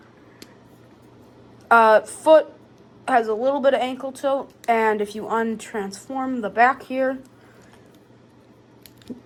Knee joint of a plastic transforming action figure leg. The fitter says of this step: bit more, tiny bit more than 90 at the knee and the legs click into place.